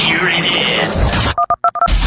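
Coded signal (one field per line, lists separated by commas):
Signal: DTMF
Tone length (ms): 70 ms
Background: speech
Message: 11212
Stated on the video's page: FM radio station sign-off/closedown aircheck.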